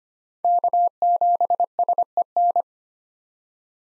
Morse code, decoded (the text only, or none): K7SEN